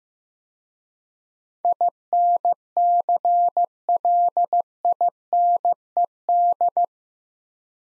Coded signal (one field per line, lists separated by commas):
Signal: Morse code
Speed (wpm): 15 wpm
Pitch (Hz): 700 Hz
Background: none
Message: INCLINED